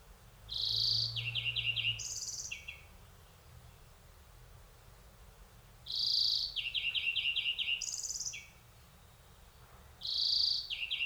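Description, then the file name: European greenfinch delivering bursts of ringing trills and buzzy notes, repeating roughly every four to five seconds, with quiet gaps. "Chloris chloris"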